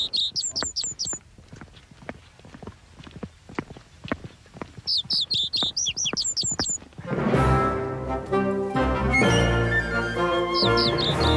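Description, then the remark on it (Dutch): Reed bunting song: short, high, chirping phrases of a few repeated notes, heard twice over clicking sounds, before loud music starts with one more brief phrase on top. “Ja, rietgors, wauw.”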